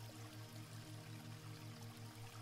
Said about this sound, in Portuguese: Um som de água, calminho e relaxante, que te acalma, te dá paz.